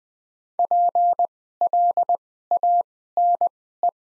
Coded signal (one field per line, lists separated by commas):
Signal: Morse code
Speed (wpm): 20 wpm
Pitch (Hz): 700 Hz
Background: none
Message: PLANE